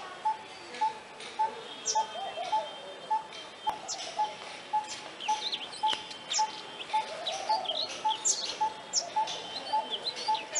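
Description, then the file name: Coppersmith barbet repeating a hollow, even tonk roughly twice a second while other birds chirp and whistle higher up. "Coppersmith barbet alok"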